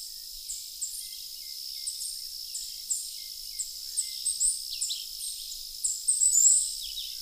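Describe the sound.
Birds chirping: brief high notes and sharp down-slurred whistles, growing busier toward the end, over a constant high-pitched drone.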